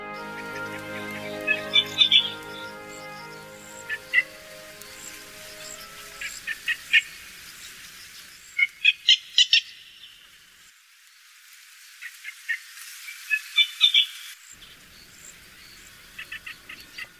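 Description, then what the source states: Yellow bittern calls: short, sharp, high chips in irregular clustered bursts every second or two, over low harmonic tones during the first few seconds. Juvenile bird.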